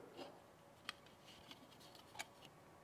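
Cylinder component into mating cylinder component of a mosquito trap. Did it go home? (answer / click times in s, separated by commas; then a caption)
yes / 0.9 s. Two plastic cylinder components of a Biogents BG Pro mosquito trap, being assembled in its Sentinel-style version, are joined with a quarter turn until they lock. A sharp click at 0.9 s marks the parts locking into place, followed by a few fainter plastic ticks over quiet background noise. The two cylinder parts are seated and locked together.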